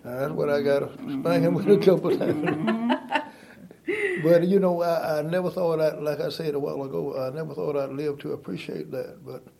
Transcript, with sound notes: That’s what I got a spanking with a couple times. (laughter) But you know, I never thought–like I said a while ago–I never thought I’d live to appreciate that, but